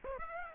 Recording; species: mosquito wingbeat signal from an infrared sensor; Aedes aegypti